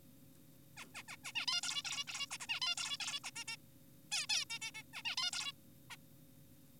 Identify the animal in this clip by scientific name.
Taeniopygia guttata